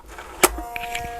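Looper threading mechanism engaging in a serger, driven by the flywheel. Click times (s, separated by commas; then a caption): 0.8 s, 0.9 s. On a Baby Lock Celebrate serger with the front cover open and the button pressed, the flywheel on the side is turned until the jet air-threading tubular looper mechanism engages. A brief broad thump around 0.4 s is followed by two sharp clicks at 0.8 s and 1.0 s, over a steady tonal hum. The looper threading mechanism seats and clicks into place.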